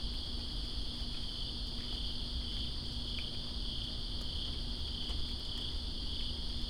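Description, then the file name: Cricket chorus trilling steadily at two high pitches, unbroken throughout, with rain hissing and rumbling underneath and scattered drip clicks. Crickets recorded with rain in Greensboro on September 2, 2017. "Greensboro Crickets And Rain September 02 2017"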